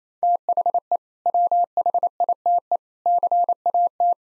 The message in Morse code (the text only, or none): THE WHITE CAT